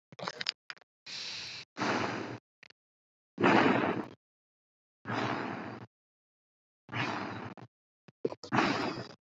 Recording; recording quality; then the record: shallow breathing; excellent, no background noise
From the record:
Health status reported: COVID-19 positive, mild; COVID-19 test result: positive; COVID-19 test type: RT-PCR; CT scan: not taken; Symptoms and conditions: cold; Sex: male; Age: 27 years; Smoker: no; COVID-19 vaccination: both doses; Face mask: not worn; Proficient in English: yes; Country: India